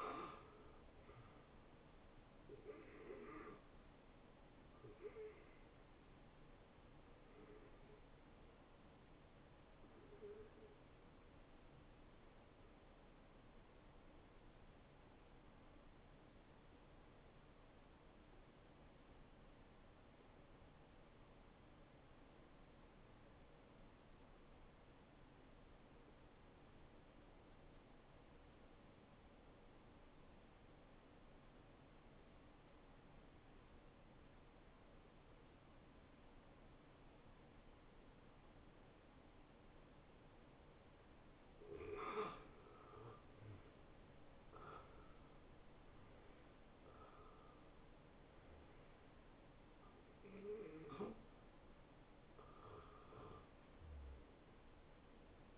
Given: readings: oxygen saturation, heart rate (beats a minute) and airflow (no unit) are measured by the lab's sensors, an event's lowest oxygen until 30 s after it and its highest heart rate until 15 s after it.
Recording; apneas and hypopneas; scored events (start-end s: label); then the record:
breathing in sleep by a voice recorder at the bedside; 1
11.00-40.20 s: hypopnea (N2, oxygen 93% highest, then 87% lowest, heart rate 71 at the start, 78 highest)
37.00-55.58 s: new sleep stage, N1 (lightest sleep)
From the record:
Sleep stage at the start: N2 (light sleep); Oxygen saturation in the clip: 82 to 93%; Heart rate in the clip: 64 to 78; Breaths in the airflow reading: 8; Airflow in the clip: -18.0 to 12.0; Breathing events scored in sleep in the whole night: 263 in 5.5 hours asleep